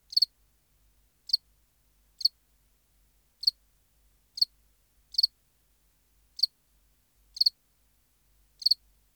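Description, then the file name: House cricket sounding nine high chirps, several made of two rapid pulses, spaced around a second apart. "Acheta domesticus"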